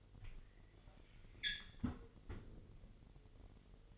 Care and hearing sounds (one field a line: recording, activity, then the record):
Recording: daily activity, microphone in the room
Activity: close fridge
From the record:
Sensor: 4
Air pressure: 1002.9 hPa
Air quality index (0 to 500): 247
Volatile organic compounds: 19 ppm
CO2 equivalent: 2641 ppm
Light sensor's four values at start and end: 4/9/3/4 and 4/9/3/4